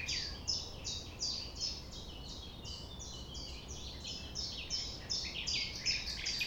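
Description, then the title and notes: Common nightingale singing a rapid series of sharp repeated notes in continuous phrases, over faint low background noise. 6 a.m. at sunrise near the Thève at Champ de Ménage; the nightingale sings without waiting for silence. "6 A.M. Lever du soleil non loin de la Thève au Champ de Ménage. Le rossignol n'attend pas le silence."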